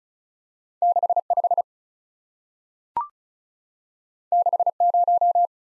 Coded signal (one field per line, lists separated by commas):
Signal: Morse code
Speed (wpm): 36 wpm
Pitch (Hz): 700 Hz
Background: none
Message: 6 5 6 0